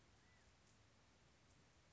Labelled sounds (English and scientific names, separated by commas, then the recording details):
California Quail (Callipepla californica)
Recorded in Sonoma County, California